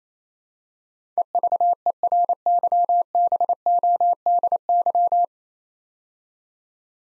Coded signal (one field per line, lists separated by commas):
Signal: Morse code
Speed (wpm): 27 wpm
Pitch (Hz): 700 Hz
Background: none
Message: EVERYBODY